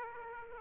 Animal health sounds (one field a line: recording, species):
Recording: mosquito wingbeat signal from an infrared sensor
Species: Aedes aegypti